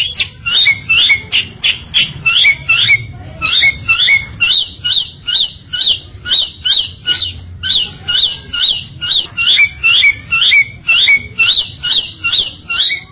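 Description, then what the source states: Bird song of short chirping phrases repeated in a steady rhythm, roughly two per second, each a quick cluster of high sharp notes. Complete birdsong.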